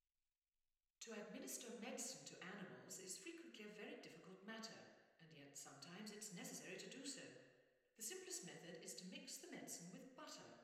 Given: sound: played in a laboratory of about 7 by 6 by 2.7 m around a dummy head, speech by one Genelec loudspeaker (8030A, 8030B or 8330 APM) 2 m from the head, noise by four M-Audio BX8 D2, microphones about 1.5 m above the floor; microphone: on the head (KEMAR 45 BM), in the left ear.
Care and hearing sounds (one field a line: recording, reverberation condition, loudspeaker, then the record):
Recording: female speech in English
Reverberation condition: high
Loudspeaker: 30 degrees to the left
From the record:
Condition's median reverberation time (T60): about 1300 ms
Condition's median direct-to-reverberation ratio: about -4.0 dB